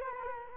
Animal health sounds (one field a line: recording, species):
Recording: mosquito wingbeat signal from an infrared sensor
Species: Culex quinquefasciatus